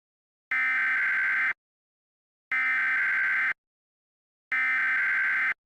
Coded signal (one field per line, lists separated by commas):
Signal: Emergency Alert System (SAME) tones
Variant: header bursts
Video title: Normal Required Weekly Test EAS...